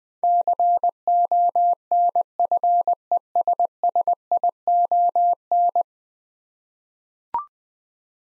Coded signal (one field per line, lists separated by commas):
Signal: Morse code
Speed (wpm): 21 wpm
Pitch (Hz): 700 Hz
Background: none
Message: CONFESSION